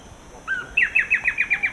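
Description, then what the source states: Blackish Antbird: one slurred introductory note, then a quick, even series of sharp chevron-shaped notes. Recorded in Ecuador.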